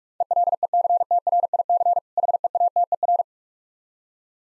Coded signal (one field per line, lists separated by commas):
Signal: Morse code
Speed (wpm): 45 wpm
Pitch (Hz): 700 Hz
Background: none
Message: ELECTRIC HEATER